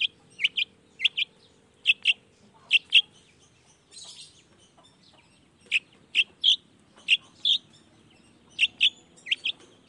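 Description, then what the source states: Long-tailed shrike song of sharp paired chirps in short bursts separated by brief pauses, with a soft low hum beneath. Vigorously singing long-tailed shrike in the morning with 'toet toet' sound variations, meant to stimulate lazy shrikes into singing along.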